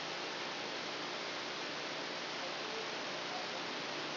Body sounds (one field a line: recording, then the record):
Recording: brain microelectrode recording played as sound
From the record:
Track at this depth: outside the subthalamic nucleus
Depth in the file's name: 5.106 mm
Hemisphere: left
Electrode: 2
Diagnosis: Parkinson's disease